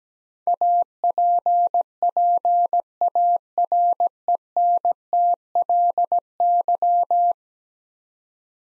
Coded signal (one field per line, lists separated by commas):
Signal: Morse code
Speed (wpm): 17 wpm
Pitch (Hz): 700 Hz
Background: none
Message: APPARENTLY